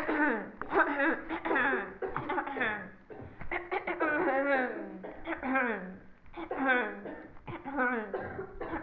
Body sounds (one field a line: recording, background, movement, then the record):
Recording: throat clearing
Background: a bystander coughing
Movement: sitting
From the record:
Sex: female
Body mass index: 18.3 kg/m2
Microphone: on the chest, facing the body